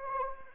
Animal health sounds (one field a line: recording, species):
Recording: mosquito wingbeat signal from an infrared sensor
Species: Anopheles arabiensis